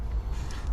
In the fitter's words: we'll put this back in first okay you'll hear it click push the top down